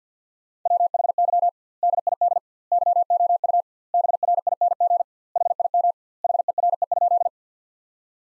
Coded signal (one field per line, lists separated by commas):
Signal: Morse code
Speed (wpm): 48 wpm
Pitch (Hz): 700 Hz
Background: none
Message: WHY DID YOU BRING HIM HERE?